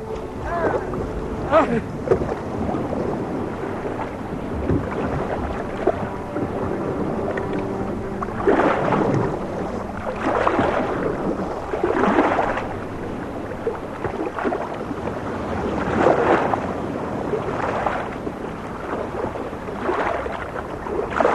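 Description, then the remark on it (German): A rowing boat with several rowers pulling together moves through ocean water, its oars sweeping in a steady rhythm of splashing strokes about every two seconds, with a low rush of wind and water underneath. “An die Riemen! Sabu, Kurs Steuerbord!”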